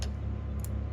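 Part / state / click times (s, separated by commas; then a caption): wiring harness connector into fuel pump module / seated / 0.6 s. A wiring harness connector is plugged onto the top of a plug-and-play upgrade fuel pump module for a 5.7/6.4 Hemi, over a steady low hum. A brief tick at 0.0 s is followed by a sharp click at 0.7 s as the connector latches, and it is seated.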